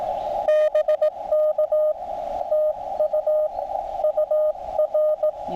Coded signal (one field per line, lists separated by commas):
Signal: Morse code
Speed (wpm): 16 wpm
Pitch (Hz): 610 Hz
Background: radio noise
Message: BK TU UR